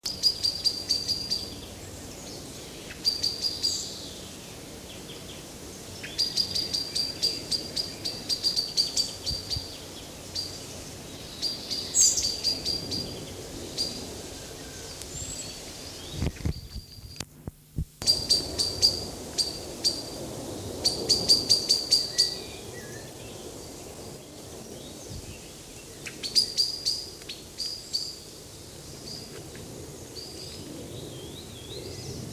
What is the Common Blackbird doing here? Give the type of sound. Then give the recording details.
call. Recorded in the wild. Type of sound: call. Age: adult. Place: Botanische Anlage Blankenfelde, Berlin, DE. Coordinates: 52.603, 13.4. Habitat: wood. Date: 2003-06-29 14:02. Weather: fair, 26°C. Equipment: Fair Mate ST-1328 (Asahi Electronics, Japan), Sennheiser ME 80, Kopie Uher 4000 Report Monitor. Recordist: Tembrock, Günter. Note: "Tixen"